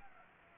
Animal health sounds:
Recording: mosquito wingbeat signal from an infrared sensor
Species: Anopheles gambiae

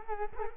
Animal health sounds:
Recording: mosquito wingbeat signal from an infrared sensor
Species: Culex quinquefasciatus

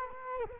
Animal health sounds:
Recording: mosquito wingbeat signal from an infrared sensor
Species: Culex quinquefasciatus

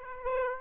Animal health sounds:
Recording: mosquito wingbeat signal from an infrared sensor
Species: Aedes aegypti

